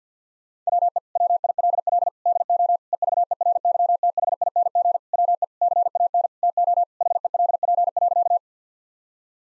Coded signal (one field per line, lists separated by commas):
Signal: Morse code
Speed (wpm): 50 wpm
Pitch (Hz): 700 Hz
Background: none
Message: WE WILL DO EVERYTHING WE CAN TO HELP.